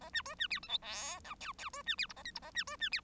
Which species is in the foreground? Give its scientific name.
Lonchura striata domestica